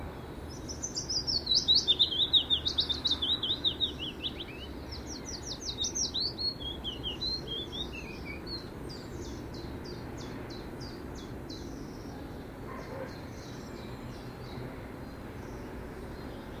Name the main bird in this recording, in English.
Willow Warbler